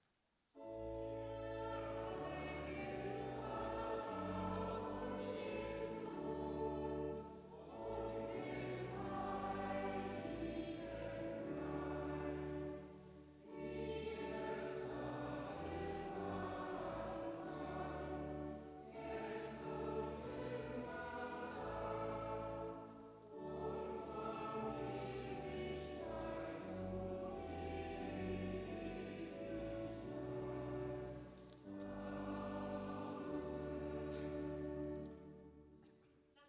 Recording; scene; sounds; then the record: everyday scene through a hearing-aid microphone; reverberant space; music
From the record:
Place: church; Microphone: in the ear canal, right